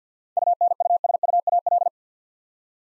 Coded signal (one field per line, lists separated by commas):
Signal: Morse code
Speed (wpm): 50 wpm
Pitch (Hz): 700 Hz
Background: none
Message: UNUSUAL